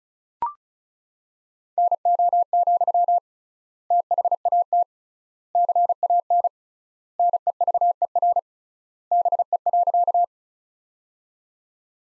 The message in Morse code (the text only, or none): NO, THAT CAN NEVER BE.